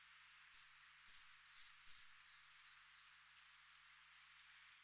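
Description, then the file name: Short-toed treecreeper calls: four loud, high, thin notes that dip and rise, about half a second apart, followed by a scatter of faint, brief high ticks. "Grimpereau des jardins"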